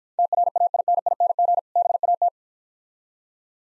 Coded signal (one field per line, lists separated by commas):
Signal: Morse code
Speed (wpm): 49 wpm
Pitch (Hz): 700 Hz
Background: none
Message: TRAINING BAT